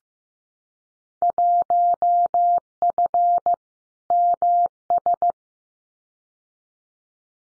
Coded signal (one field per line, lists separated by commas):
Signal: Morse code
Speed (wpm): 15 wpm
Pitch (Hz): 700 Hz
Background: none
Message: 1F MS